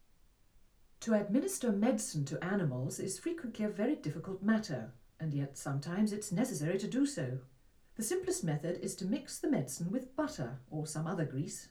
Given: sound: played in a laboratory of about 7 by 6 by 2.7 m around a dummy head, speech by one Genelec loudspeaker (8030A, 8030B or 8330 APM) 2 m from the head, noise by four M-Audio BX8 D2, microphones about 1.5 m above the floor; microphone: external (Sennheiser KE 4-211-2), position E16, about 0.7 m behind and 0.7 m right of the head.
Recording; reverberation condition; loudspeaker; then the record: female speech in English; low; in front (0 degrees)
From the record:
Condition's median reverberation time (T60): about 310 ms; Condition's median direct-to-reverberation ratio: about 3.5 dB